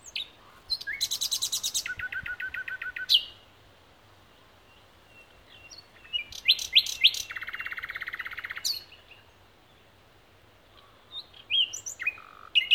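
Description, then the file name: Common nightingale song with a rapid metallic trill, sweeping whistles, and a dense buzzy rattle of repeated notes, separated by quiet pauses before more varied phrases. "Luscinia megarhynchos"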